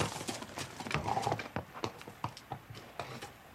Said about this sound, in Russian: По дорожке, приближаясь к замку, бежит черного окраса лошадь.